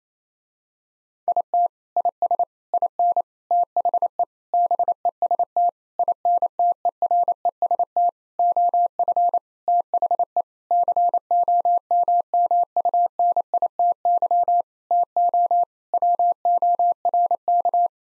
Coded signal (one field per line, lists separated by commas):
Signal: Morse code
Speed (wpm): 28 wpm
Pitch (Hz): 700 Hz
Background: none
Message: IT IS IN THE BEST INTEREST OF THE COMMUNITY TO WORK